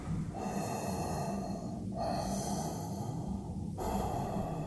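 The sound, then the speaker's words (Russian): Slow, steady breathing through an oxygen mask after the oxygen supply is switched on, with hissing inhales and exhales repeating in three even cycles over a constant low rumble. No one speaks. “Вот сейчас время настало подключать кислород.”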